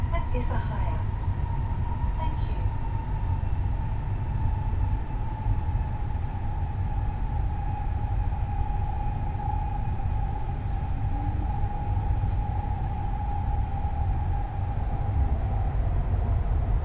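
The Nishi-Kyushu Shinkansen Kamome 25, running from Takeo-Onsen to Nagasaki, gives a dense, steady low rumble throughout. A sustained mid-pitched whine holds over it, sinking very slightly in pitch, while a few faint high chirps flicker in the first couple of seconds.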